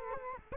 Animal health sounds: mosquito wingbeat signal from an infrared sensor; Culex quinquefasciatus

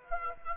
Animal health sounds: mosquito wingbeat signal from an infrared sensor; Aedes aegypti

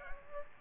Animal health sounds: mosquito wingbeat signal from an infrared sensor; Aedes aegypti

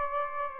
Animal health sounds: mosquito wingbeat signal from an infrared sensor; Aedes aegypti

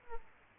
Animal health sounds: mosquito wingbeat signal from an infrared sensor; Aedes aegypti

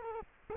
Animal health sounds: mosquito wingbeat signal from an infrared sensor; Culex quinquefasciatus

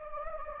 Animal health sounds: mosquito wingbeat signal from an infrared sensor; Anopheles gambiae

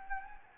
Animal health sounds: mosquito wingbeat signal from an infrared sensor; Anopheles gambiae

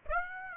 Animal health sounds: mosquito wingbeat signal from an infrared sensor; Aedes aegypti

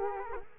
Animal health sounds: mosquito wingbeat signal from an infrared sensor; Culex quinquefasciatus

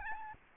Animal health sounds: mosquito wingbeat signal from an infrared sensor; Aedes albopictus

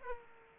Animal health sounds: mosquito wingbeat signal from an infrared sensor; Aedes aegypti

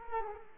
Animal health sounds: mosquito wingbeat signal from an infrared sensor; Culex quinquefasciatus

